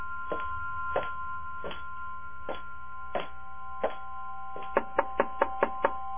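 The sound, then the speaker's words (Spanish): A mother knocks on her daughter's bedroom door: about eight slow, evenly spaced knocks, then a quicker, louder run of six, all over a steady tonal hum with no voices. “Ábreme la puerta que quiero hablar contigo.”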